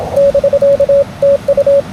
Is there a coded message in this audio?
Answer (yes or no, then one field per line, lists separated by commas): yes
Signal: Morse code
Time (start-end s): 0.2-1.8 s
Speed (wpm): 22 wpm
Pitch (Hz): 550 Hz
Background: radio noise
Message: <BK> TU